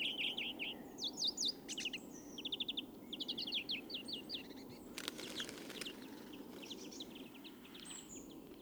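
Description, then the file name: European greenfinch twittering: quick runs of dry trilled notes in short bursts, a few sharp clicks midway, growing sparse toward the end over low rumble. "Chloris chloris"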